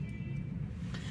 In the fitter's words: صوت التكات ديت التكات ديت معناها ان هو دخل في مكانه